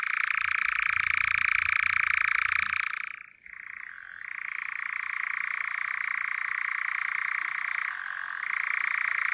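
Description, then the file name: European nightjar giving a sustained mechanical churr that breaks off briefly, restarts lower, then rises and shifts pitch again, with faint low rumbling early on. "natteravn"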